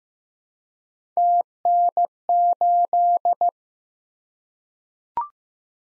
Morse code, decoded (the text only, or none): TN8